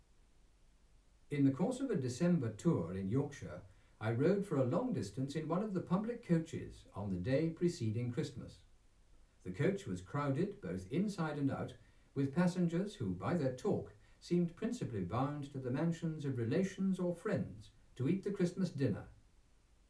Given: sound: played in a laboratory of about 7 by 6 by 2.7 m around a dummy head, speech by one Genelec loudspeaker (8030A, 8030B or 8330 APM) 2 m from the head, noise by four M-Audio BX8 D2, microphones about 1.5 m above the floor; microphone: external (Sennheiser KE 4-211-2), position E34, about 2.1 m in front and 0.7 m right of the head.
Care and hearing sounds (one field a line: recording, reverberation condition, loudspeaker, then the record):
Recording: male speech in English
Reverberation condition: low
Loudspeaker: behind (180 degrees)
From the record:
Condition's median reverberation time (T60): about 310 ms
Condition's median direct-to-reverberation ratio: about 3.5 dB